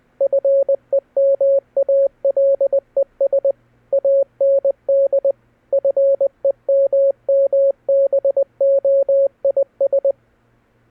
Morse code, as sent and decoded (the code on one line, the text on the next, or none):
..-. . -- .- .-.. . ... / .- -. -.. / ..-. . -- -- -... --- .. ...
FEMALES AND FEMMBOIS